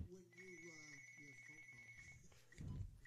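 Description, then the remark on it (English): A telephone rings with a steady, high electronic tone while a person talks over it, then the ringing stops and a short burst of rustling noise follows. “When you have a phone call.”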